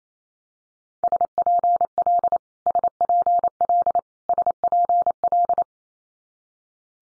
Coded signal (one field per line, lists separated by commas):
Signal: Morse code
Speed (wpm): 28 wpm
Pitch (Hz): 700 Hz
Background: none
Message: SPL SPL SPL